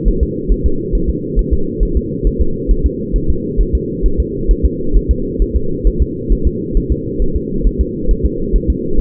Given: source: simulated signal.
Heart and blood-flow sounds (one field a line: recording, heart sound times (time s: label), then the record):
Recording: fetal heart sounds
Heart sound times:
0.08 s: S1
0.23 s: S2
0.52 s: S1
0.66 s: S2
0.95 s: S1
1.10 s: S2
1.39 s: S1
1.53 s: S2
1.83 s: S1
1.97 s: S2
2.27 s: S1
2.42 s: S2
2.71 s: S1
2.86 s: S2
3.16 s: S1
3.30 s: S2
3.61 s: S1
3.75 s: S2
4.06 s: S1
4.20 s: S2
4.51 s: S1
4.66 s: S2
4.97 s: S1
5.11 s: S2
5.42 s: S1
5.56 s: S2
5.87 s: S1
6.02 s: S2
6.32 s: S1
6.47 s: S2
6.77 s: S1
6.92 s: S2
7.22 s: S1
7.36 s: S2
7.67 s: S1
7.81 s: S2
8.11 s: S1
8.26 s: S2
8.56 s: S1
8.70 s: S2
9.00 s: S1
From the record:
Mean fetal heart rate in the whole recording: 135 bpm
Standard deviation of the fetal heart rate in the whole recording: 3 bpm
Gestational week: 36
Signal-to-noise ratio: -8.1 dB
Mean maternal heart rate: 72 bpm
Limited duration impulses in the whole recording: present